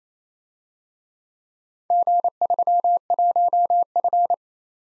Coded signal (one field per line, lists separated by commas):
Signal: Morse code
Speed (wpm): 29 wpm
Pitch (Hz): 700 Hz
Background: none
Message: G31F